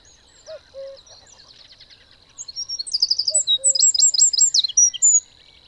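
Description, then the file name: Eurasian wren song bursting in after two quiet seconds with a couple of soft lower notes, then a fast stream of piercing trills and jangling chips for nearly three seconds. "Troglodytes troglodytes"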